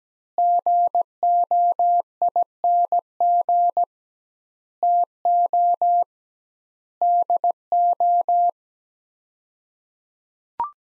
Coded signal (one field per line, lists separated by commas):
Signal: Morse code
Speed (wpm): 17 wpm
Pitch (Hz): 700 Hz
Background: none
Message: GOING TO DO